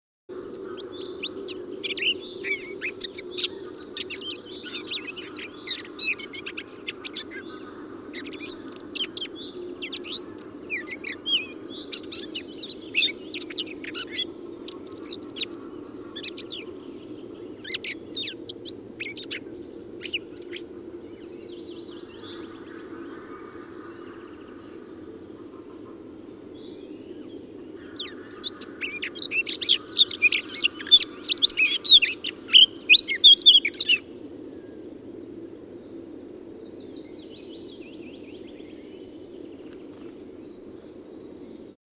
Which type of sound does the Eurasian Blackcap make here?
song